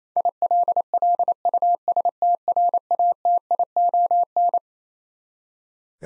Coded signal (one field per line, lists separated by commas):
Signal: Morse code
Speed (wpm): 27 wpm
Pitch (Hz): 700 Hz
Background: none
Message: ILLUSTRATION